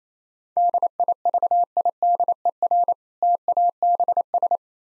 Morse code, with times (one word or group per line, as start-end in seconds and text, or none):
0.6-2.9 DIVIDER
3.2-4.6 TABS